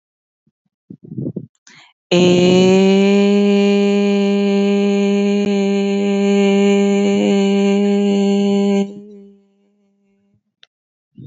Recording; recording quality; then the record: sustained vowel as in made; excellent, no background noise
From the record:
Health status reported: healthy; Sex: female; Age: 28 years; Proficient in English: yes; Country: India